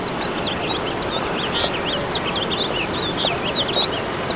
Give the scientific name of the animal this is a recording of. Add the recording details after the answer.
Haemorhous mexicanus. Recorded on Long Island, New York, on 21 March 2012. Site FL. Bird D